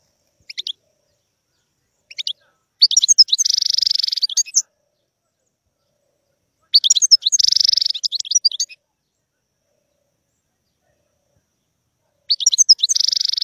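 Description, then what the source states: European goldfinch song, brief tinkling calls leading into long buzzy, trilling twittered phrases, repeated three times with silent gaps between. Song of a wild bird.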